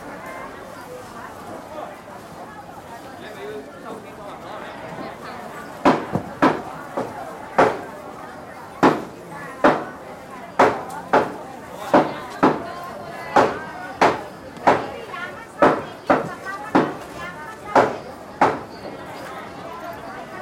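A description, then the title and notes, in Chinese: A busy street beside a wet market, with a steady murmur of voices and calling throughout. From about six seconds, loud, sharp knocks begin and repeat roughly once a second until near the end, punchy over the crowd. Hong Kong-and its three wet markets。Today we are delighted to share some sounds recorded in Hong-Kong by field recordist Peter Wong.這段聲音是在街市旁馬路中心位置採集的，捕捉到小販熟練而忙碌的叫賣聲。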